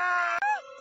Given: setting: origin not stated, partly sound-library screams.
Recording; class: one-second piece from a danger detection set; woman in danger